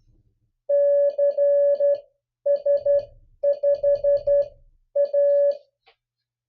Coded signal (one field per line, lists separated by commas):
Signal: Morse code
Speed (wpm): 10 wpm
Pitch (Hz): 570 Hz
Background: none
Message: CS5A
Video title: MIXED USA AND DX CALL SIGN COPY PRACTICE 10